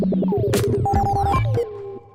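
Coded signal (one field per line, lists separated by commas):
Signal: none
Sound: synth music beeps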